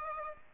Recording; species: mosquito wingbeat signal from an infrared sensor; Aedes aegypti